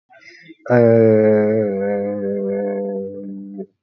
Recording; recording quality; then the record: sustained vowel as in made; excellent, no background noise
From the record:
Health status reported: healthy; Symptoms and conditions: none ticked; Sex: male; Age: 29 years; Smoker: not ticked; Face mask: not worn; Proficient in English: yes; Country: India